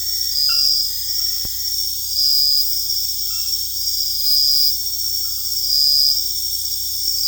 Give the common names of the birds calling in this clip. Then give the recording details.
none. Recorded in dense forest near Puerto Asís, Putumayo, Colombia, on 20 February 2024 at 03:00. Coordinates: 0.485, -76.322. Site G6406